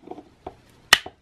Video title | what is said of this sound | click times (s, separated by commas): Cosmic Terror Skeletor Review (He-Man and the MOTU Netflix Series) | okay, so you have to push it in all the way until you hear a snap. | 0.9 s